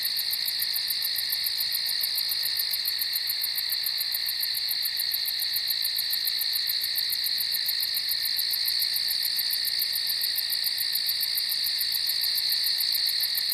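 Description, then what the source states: Crickets produce a long, steady high-pitched chorus of quick pulsed chirps, holding even throughout. Crickets at night on a farm.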